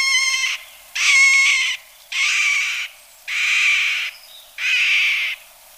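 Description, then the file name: Middle spotted woodpecker uttering five harsh, nasal, drawn-out squawks, spaced roughly one per second, each rough and buzzy in tone. "Pic mar"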